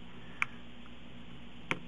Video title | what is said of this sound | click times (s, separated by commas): Replacement Keyboard Key HP Compaq Presario Pavilion DV6000 CQ45 C700 Installation Repair Guide | I hear a click | 0.4 s, 1.7 s